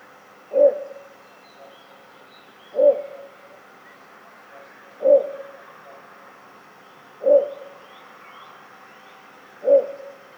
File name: torpegem-hangja torpegem-Ixobrychus-minutus